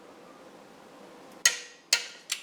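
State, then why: Torque reached. A torque wrench set to 13 Nm tightens the thread-locker-coated bolts on a clutch slave cylinder being installed in a SAAB 9-3 2.8T V6 with a Maptun 500 Nm clutch. After a low steady hum, the wrench gives sharp clicks at 1.5 s and 1.9 s, followed by a fainter tap at 2.3 s. The bolts are confirmed torqued to 13 Nm.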